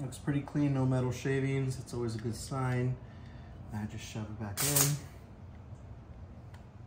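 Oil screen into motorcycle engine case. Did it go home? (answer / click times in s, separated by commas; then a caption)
yes / 6.5 s. Someone talks while an oil screen, inspected and found clean with no metal shavings, is shoved back into a KTM motorcycle engine case during an oil change. A faint, short click at 6.5 seconds marks the screen seating in the case.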